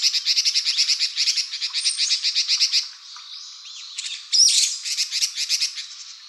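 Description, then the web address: Red-billed leiothrix chattering calls, rapid runs of harsh, buzzy notes repeated in fast bursts, a pause in the middle, then a loud resumed chatter. "birdenaga Red-billed Leiothrix"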